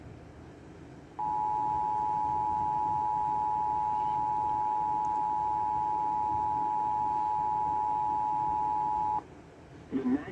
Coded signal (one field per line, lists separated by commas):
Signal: Emergency Alert System (SAME) tones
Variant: 853 and 960 Hz attention tone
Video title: EAS Severe Thunderstorm Warning 9